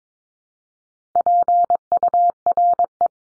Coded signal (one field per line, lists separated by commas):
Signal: Morse code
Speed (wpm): 22 wpm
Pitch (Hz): 700 Hz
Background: none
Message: PURE